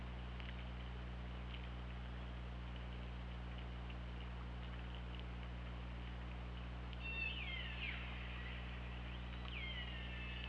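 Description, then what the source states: Orca calls: two harmonic, downward-sweeping cries near the end, over a constant low underwater hum and hiss. Recorded on the OrcaLab hydrophone on 24 August 2017 at about 21:00.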